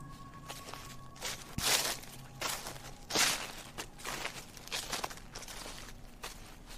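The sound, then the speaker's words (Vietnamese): Footsteps crunch through dry leaves in an uneven, unhurried rhythm, each step a broad rustling crackle, with a low steady hum underneath and no voices. “Mỗi một bước chân dẫm lên đám lá cây làm cho tôi giận cả người.”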